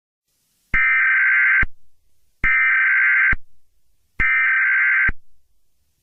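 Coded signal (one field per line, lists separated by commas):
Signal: Emergency Alert System (SAME) tones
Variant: header bursts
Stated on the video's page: Fictional EAS scenario.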